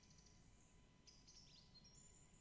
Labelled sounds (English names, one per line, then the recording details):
Song Thrush
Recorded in Germany
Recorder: ecoPi